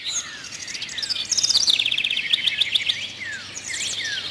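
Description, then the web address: Bird calls: bright high chirps and a quick run of repeated sharp notes in the middle, with a few down-slurred whistles before and after. "Peterson North American Birds"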